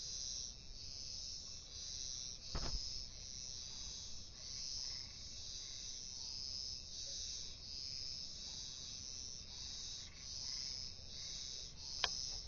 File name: Dendropsophus jimi